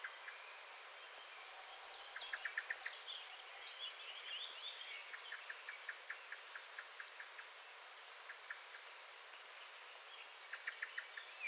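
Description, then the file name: Common blackbird, quiet runs of short clicking notes in bursts and two thin high whistles over a soft background noise. "Turdus merula"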